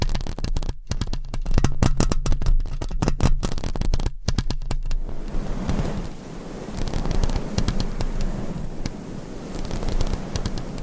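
Fingernails scratch and rub over a mic cover, producing dense crackling clicks in the first five seconds, broken by two brief silences. After that the sound turns into a softer, steadier rubbing rustle, with scattered sharp ticks returning toward the end.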